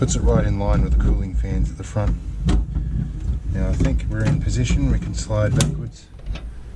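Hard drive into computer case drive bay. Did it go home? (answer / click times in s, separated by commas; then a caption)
yes / 6.4 s. Someone talks while a hard drive is slid backwards into the upper drive bay of a PC case, chosen to make the job easier and to give the drive more air circulation in line with the front cooling fans. The drive clicks into place and locks in the bay at 6.4 s.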